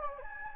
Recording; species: mosquito wingbeat signal from an infrared sensor; Anopheles gambiae